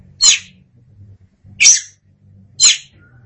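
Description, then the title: Oriental magpie-robin giving three harsh, scratchy high notes, roughly one per second, over a faint low hum. "Suara Kicauan Burung Kacer Durasi Panjang"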